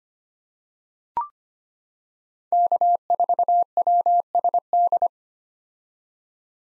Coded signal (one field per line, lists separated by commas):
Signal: Morse code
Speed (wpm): 25 wpm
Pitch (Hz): 700 Hz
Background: none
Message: K4WSD